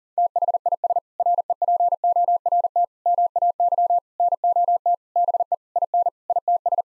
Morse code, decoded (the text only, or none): THIS REPORT MAY NOT BE IN ITS